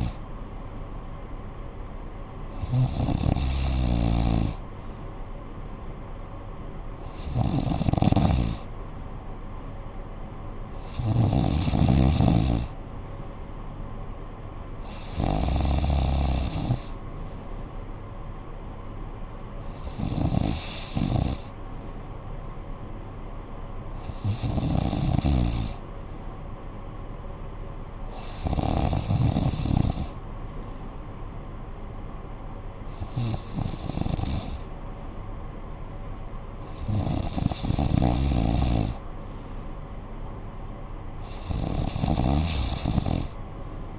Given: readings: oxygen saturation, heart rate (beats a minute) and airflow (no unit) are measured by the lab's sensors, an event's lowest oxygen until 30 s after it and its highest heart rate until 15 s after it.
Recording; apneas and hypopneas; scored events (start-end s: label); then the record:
breathing in sleep by a smartphone at the bedside; none
none scored
From the record:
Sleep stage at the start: N3 (deep sleep); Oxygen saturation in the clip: 94%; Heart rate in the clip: 58 to 64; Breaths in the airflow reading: 10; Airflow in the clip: -9.1 to 5.5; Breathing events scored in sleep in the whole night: 445 in 7.6 hours asleep